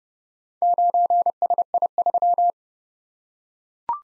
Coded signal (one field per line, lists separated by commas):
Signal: Morse code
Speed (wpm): 30 wpm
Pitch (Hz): 700 Hz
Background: none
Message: 9SI3